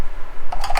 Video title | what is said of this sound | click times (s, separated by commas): HOW TO CHANGE THE OIL ON 2017-2021 JAGUAR F-PACE 2.0L- No more Jag Warranty coverage, time to DIY! | click right in the place | 0.5 s, 0.6 s, 0.8 s